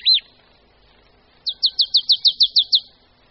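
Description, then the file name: Marsh tit calling: one high arched note, a pause, then a rapid string of nine clipped, high, down-slurred notes. "Sýkora-babka"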